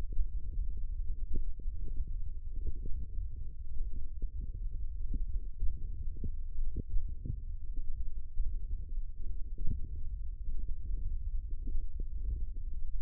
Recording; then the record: forearm muscle sounds (acoustic myography)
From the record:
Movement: wrist extension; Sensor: system 1, eight BSWA MPA416 microphones around the upper forearm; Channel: 3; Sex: female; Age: 22 years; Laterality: right